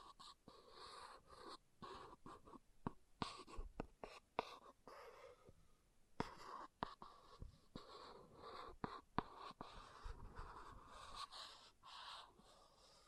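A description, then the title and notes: An object is scratched and scraped in uneven strokes, with a rough hiss that swells and fades. Sharp little clicks and knocks punctuate it every half second or so, with a brief quieter gap around six seconds before the rasping resumes. ASMR Brain Melting Object Scratching (No Talking).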